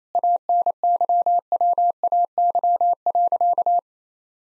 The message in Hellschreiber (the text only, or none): none